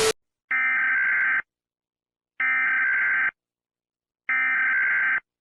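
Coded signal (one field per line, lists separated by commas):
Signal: Emergency Alert System (SAME) tones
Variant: header bursts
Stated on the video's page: Fictional EAS scenario based on The Purge, not a real alert.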